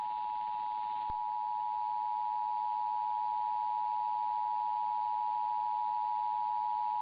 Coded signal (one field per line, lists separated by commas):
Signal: Emergency Alert System (SAME) tones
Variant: 853 and 960 Hz attention tone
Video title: THAT MOMENT WHEN YOU RUN OUT OF TITLE IDEAS... EAS Alerts from 3/5/25 (EAS #5,579 - 5,608)